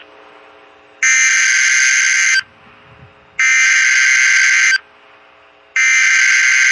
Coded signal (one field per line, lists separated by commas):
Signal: Emergency Alert System (SAME) tones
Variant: header bursts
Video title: Severe Thunderstorms (EAS 139-145) 5/6/23-5/7/23